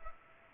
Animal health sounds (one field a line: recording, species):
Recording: mosquito wingbeat signal from an infrared sensor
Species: Culex pipiens